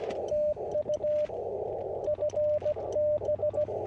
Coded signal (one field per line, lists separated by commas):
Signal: Morse code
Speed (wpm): 17 wpm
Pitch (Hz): 600 Hz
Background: radio noise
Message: TU FB